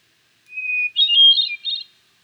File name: HETH SONG NH - Hermit Thrush - Catharus guttatus